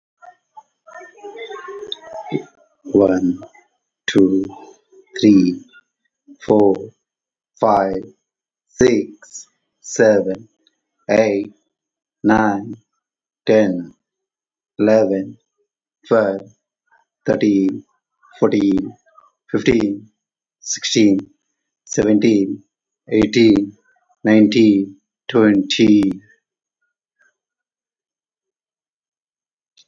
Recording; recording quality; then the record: counting at a normal pace; excellent, no background noise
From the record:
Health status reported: COVID-19 positive, no symptoms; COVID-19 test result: positive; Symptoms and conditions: hypertension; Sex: male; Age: 42 years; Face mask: not worn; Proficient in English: yes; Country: India